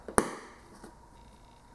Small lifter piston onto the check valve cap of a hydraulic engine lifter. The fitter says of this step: alright that's good when you hear it click into place just make sure it's clicked on evenly